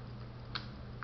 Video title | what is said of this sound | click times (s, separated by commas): CLIP5813 | Snaps back in. | 1.0 s